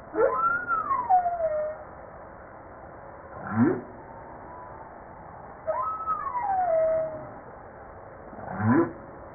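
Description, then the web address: Humpback whale song: two long falling whistled cries, each followed by a short rising whoop, the pair repeating after about five seconds over steady hiss. Recorded 5 March 1994. "PMahe Voile'Ocean 940305 HUMPBACK"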